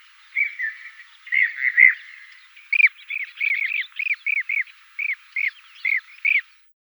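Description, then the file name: Blue-cheeked bee-eater calls: a quick series of short rolling, slightly burry notes, first in a loose cluster, then repeated in a steady series, over a quiet background. "SHHurka zelenaja"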